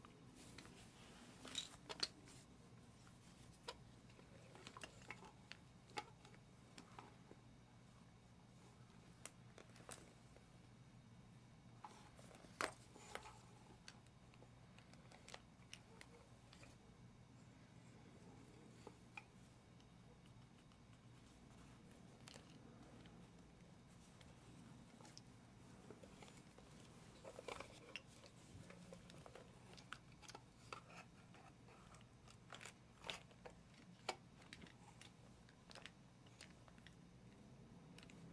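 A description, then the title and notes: Gentle tapping and scratching on wooden toys and padded book covers, with sharp clicks and taps scattered irregularly throughout, a few louder knocks near 2, 12 and 27 seconds. A soft low hum runs steadily underneath the whole time. ASMR medium gentle tapping and scratching. Wooden toy memories, building blocks, books with puffy covers.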